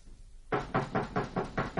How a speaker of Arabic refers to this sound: المنظر الآن غرفة راسكولنيكوف في رابعة النهار. رازوموكين وحده يقرع الباب.